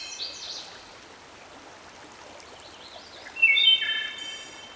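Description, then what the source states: Wood Thrush song, a bright flutey phrase with a trilled ending near the close, softer high notes at the start, over a steady rushing stream. Recorded with a stream in the background.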